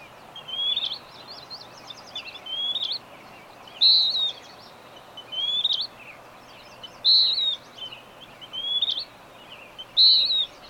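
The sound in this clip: Bird song: high whistled phrases alternating with bursts of quick chirps, the loudest falling whistle recurring about every three seconds, against a steady hiss.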